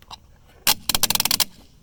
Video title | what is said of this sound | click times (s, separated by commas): Suburban check engine light p0442 gas cap leak vacuum leak emissions by froggy second cut | right that's what you're doing you twist it till it clicks a few times seems good to me okay | 0.7 s, 0.9 s, 1.0 s, 1.2 s, 1.3 s